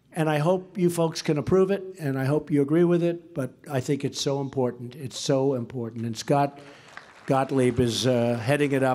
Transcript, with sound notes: and I hope you folks can approve it, and I hope you agree with it. But I think it’s so important. It’s so important. (Applause.) And Scott Gottlieb is heading it up.